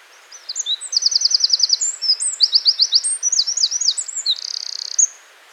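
Wren song: a loud, fast jumble of high trills and sharp twittering notes over about five seconds, ending in a dry rattle and a final chip.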